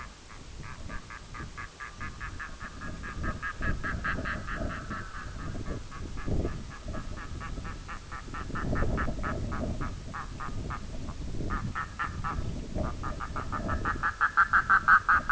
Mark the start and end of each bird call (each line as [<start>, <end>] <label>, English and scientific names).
[0.00, 15.31] Red-throated Loon (Gavia stellata)